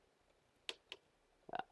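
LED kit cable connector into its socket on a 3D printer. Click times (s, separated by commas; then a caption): 0.7 s. The wiring connector of a BIQU BigTreeTech Panda Lux LED upgrade kit is pushed into its socket on a Bambu P1S 3D printer. A sharp click at 0.7 s marks the connector popping in and seating, followed by a softer tick at 0.9 s and a cluster of rattling clicks around 1.5–1.6 s.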